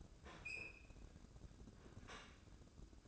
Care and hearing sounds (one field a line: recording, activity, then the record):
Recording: daily activity, microphone in the room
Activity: open fridge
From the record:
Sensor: 2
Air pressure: 995.1 hPa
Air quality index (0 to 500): 65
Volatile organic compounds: 2 ppm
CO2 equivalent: 1118 ppm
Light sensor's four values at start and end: 18/56/22/21 and 18/56/22/21